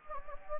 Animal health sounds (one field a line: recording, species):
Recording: mosquito wingbeat signal from an infrared sensor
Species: Anopheles gambiae